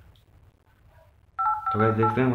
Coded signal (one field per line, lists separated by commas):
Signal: DTMF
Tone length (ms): 130 ms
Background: speech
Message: 5858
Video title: how to turn off dialpad tone infinix smart 5 | infinix mobile sound vibration setting